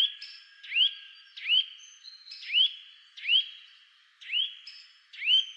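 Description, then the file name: Eurasian nuthatch giving a series of loud rising whistled notes, with steady faint high tones behind. "Sitta europaea"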